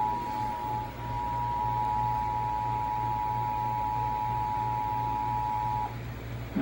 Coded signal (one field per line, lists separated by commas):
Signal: Emergency Alert System (SAME) tones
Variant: 853 and 960 Hz attention tone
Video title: EAS severe thunderstorm warning on my old compact ray tube TV/VCR combo